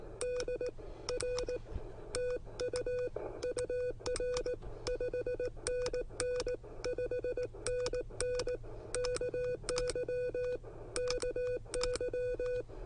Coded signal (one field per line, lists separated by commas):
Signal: Morse code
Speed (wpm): 18 wpm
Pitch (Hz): 500 Hz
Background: none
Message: DR TU UR 5NN 5NN KY KY